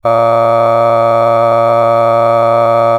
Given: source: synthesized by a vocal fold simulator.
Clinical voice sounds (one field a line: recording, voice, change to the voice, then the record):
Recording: sustained vowel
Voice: male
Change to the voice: a random mix of aspiration noise, stiffness perturbation and strain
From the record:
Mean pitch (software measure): 115 Hz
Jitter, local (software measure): 1.45%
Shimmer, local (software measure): 5.6%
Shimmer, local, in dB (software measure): 0.49 dB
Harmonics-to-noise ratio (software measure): 15.5 dB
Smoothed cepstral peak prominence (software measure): 18.4 dB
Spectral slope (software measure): -17.0 dB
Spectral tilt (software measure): -11.3 dB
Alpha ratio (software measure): -7.5 dB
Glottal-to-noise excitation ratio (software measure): 0.984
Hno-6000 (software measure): 2.4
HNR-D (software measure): 23.8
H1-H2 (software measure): 4.9 dB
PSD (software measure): 1.0e-04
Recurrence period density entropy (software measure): 0.104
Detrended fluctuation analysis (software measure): 0.0546